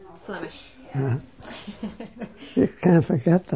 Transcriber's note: they laugh